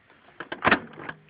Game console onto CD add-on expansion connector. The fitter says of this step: and it kind of lines up with the chip but then you got to give it a good squish so this is going to get a little blurry for a second while I do so and you'll kind of hear the click